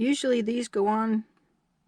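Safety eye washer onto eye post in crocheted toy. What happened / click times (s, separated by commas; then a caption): Handled, not yet home: no seating snap heard / none. A plastic locking washer is being handled for pushing onto the post of a 16mm plastic safety eye through a crocheted blanket-yarn puppy. Someone talks throughout, then the clip falls nearly silent. Nothing has seated or clicked yet.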